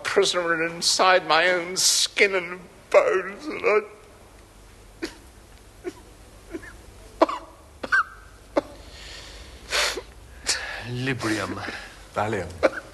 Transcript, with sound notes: I'm a prisoner inside my own skin and bones and I... (sobbing)
Librium.
Valium.